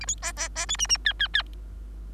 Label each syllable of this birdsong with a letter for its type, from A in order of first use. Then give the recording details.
A B C C C D E E F F F. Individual Bird3